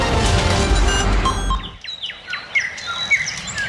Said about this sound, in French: En attendant le retour à la normale, nous vous proposons de vous relaxer avec le chant des oiseaux.